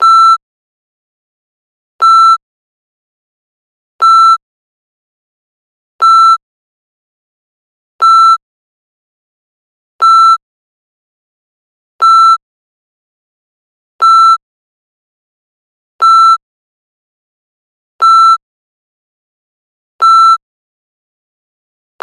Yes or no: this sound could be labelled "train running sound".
no